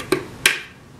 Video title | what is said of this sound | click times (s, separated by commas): Extensively learn about a Dyson: DC23 vs DC39 & Dyson maintenance & Dyson tool comparison | all right so with both um you can see there's a little bit of flex in the plastic but you just wait for the Click | 0.5 s